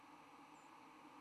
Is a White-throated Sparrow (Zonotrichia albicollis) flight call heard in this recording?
yes